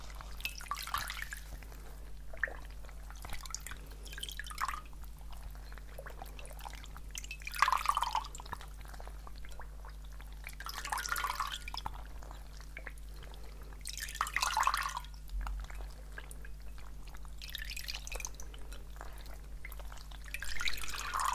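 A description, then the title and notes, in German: Soft, wet trigger sounds during a face massage come in bright swells roughly every three to four seconds over a low steady hum. Face massage (skincare, personal attention).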